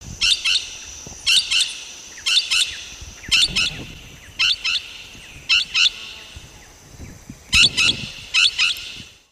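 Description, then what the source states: Dusky parrot calls, harsh paired squawks repeated about every second, each burst doubled, over a steady background hiss. Recorded 23 January 2006.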